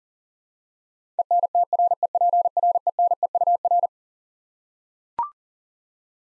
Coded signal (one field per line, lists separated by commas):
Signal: Morse code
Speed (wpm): 40 wpm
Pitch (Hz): 700 Hz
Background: none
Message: ENTREPRENEUR